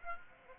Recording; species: mosquito wingbeat signal from an infrared sensor; Aedes aegypti